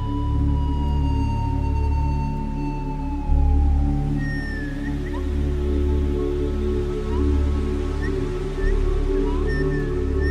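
Beluga whale whistles: a long slowly falling tone opens, followed by short chirps and squeaks, all over a continuous low humming background.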